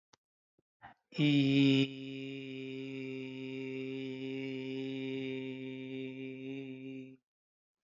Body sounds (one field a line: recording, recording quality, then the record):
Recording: sustained vowel as in beet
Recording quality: excellent, no background noise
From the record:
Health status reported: healthy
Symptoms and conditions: diabetes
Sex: male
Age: 54 years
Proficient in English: yes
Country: India